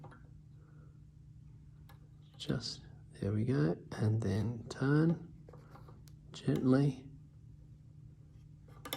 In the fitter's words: It didn't catch.